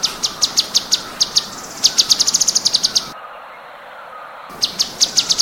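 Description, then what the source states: Cucak cungkok giving bright, high chirps in quick bursts, with a brief quiet gap midway. Tembakan song, for training songbirds.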